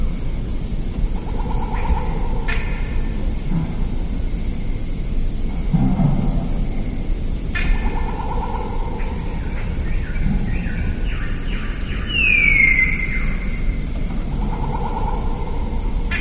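A steady hiss with a low, blustery wind rumble runs throughout, swelling slightly near six and twelve seconds. Birds chirp freely over it in short, thin calls and trills, with a clear, bright downward whistle around twelve seconds standing out above the rest.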